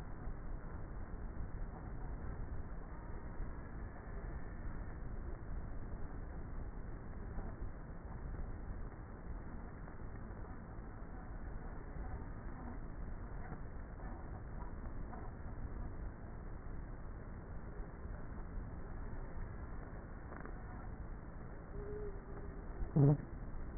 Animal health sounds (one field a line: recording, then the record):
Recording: honeybee colony, microphone inside the hive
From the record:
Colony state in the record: queenless with a low population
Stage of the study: before two queens were removed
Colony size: about 30,000 bees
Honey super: no